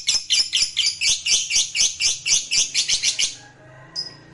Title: Suara Lovebird